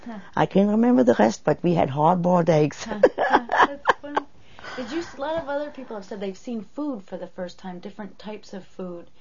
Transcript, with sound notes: I can't remember the rest, but we had hard boiled eggs. ( she laughs )
That's funny. Did you, a lot of people said they'd seen food for the first time, different types of food.